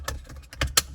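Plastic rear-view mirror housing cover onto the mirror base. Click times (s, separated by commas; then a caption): 0.6 s, 0.8 s. A plastic cover piece of the rear-view mirror housing on a 2019 BMW 530e/540 (F90/G30) is pressed onto the mirror base while the housing is reassembled after fitting a hardwire power tap. A soft tick at 0.1 s is followed by a sharp double click at 0.6 s and 0.8 s over a low steady hum. The cover snaps into place and is seated.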